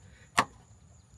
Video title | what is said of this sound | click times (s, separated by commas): Lexus GX470 Rear Door Window Stripping Replacement | push it in so that it sits in nice and snug you can hear that click right there it's an audible sign that it's getting in all the way | 0.4 s